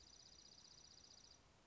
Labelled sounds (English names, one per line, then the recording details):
Dark-eyed Junco
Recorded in Sonoma County, California